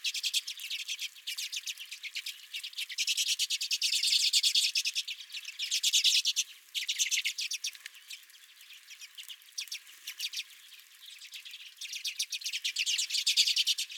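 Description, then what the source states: Redpoll twittering calls, a continuous rapid chatter of buzzy chips swelling and fading in waves, quieter around eight to eleven seconds. Redpolls at the recordist's feeder.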